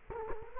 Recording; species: mosquito wingbeat signal from an infrared sensor; Culex quinquefasciatus